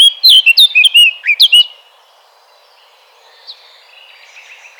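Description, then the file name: Eurasian blackcap singing a quick burst of loud, fluty, warbled notes for under two seconds, then a pause and a few faint, scratchy notes. "Sylvia atricapilla"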